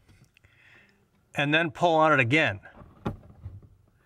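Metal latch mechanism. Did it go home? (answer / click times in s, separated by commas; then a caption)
released / 3.1 s. Someone talks while a second pull on the manual release cable of a C8 Corvette with no battery power frees the second stage of the dual-latching front hood. The front hood latch releases with a sharp click at 3.1 s, followed by faint rattles.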